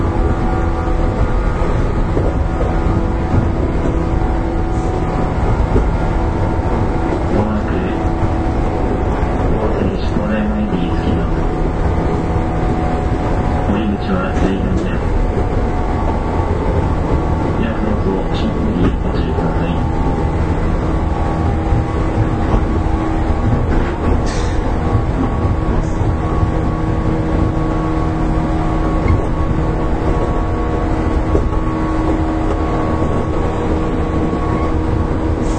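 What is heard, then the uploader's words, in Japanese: Running sound of a 415 series electric train on a local service, heard aboard as a steady, dense low rumble with a constant hum. Faint clicks and rattles appear now and then, and brief murmurs of voices surface in the background. JR415系 日豊線 小倉から中津まで。JR九州 415系電車の走行音です。日豊線の普通列車にて収録。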